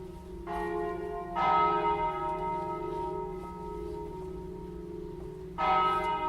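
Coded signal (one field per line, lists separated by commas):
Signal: bell signal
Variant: church bells, battiore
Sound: large church bells struck repeatedly, overlapping ringing tones with long resonant decay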